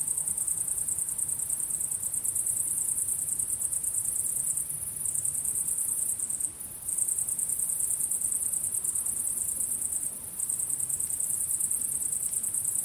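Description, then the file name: Cricket song: a dense, continuous high-pitched pulsing trill with brief dips, over a low background rumble. At sunset. "syrsor solnedgang"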